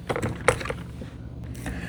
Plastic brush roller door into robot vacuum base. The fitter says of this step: the front feet in. Click it into place.